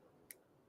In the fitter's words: you just hear that little click when your pins lock in